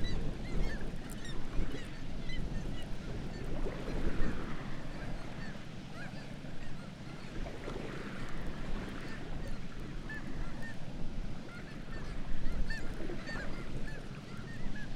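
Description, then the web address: Black-legged kittiwakes giving quick, arched calls in scattered bursts, some overlapping, against a constant deep roar. "sound Black-legged-kittiwake. صدای-پرنده-کاکایی-پاسیاه"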